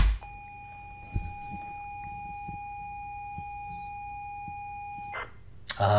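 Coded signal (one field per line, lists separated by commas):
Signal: ZX Spectrum tape loading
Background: speech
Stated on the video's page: Spectrum game Saboteur loading in an emulator.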